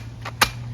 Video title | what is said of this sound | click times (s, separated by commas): Soctone Telescoping Ladder, 12.5 FT Aluminum Button Retraction Extension Ladder, 330lbs Max - Review | we want the next one we simply just pull it up until you hear that click | 0.4 s